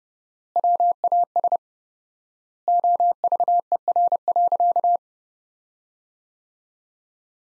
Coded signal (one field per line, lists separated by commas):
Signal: Morse code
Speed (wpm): 30 wpm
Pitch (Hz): 700 Hz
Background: none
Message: WAS OVER.